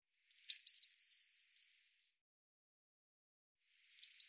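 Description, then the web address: Eurasian blue tit delivering three sharp high notes and a buzzy trill, then starting the same phrase again near the end, otherwise quiet. "cianscape birddata Deverinetal 2025 File cleaned normalized Bird Cy Ca"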